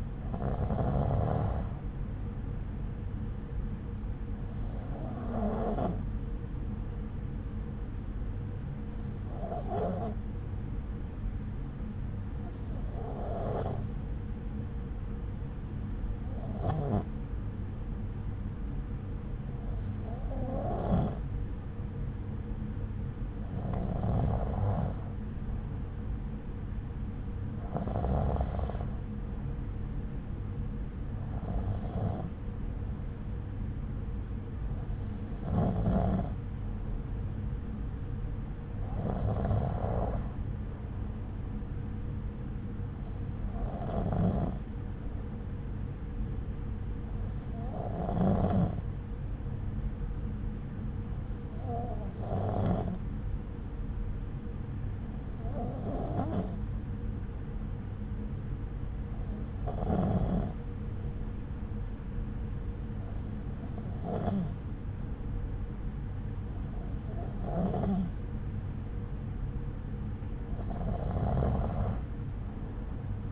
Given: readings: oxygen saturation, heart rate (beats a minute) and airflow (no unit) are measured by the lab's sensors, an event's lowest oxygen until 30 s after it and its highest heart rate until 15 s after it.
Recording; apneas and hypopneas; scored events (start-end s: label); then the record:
breathing in sleep by a smartphone at the bedside; none
none scored
From the record:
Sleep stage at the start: N2 (light sleep); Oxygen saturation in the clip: 93 to 95%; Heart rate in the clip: 62 to 68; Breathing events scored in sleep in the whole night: 303 in 8.1 hours asleep